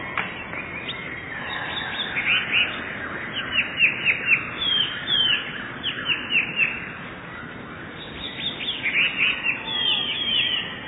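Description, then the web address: Eurasian blue tit song: quick downslurred chirps come in several clusters, busiest in the middle and near the end. "wroblowe teka spiew. modraszkoteka"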